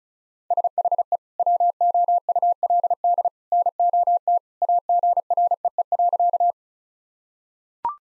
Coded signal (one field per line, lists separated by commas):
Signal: Morse code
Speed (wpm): 34 wpm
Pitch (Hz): 700 Hz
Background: none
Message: SHE WOULD NOT AGREE.